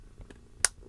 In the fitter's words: And it snaps back into place.